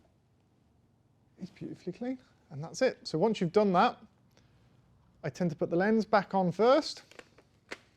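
An interchangeable lens is being handled onto a camera body mount after a sensor clean, with someone talking through most of the clip. A few faint handling ticks follow the speech near the end. The lens bayonet has not yet locked onto the camera body, and nothing has seated or clicked yet.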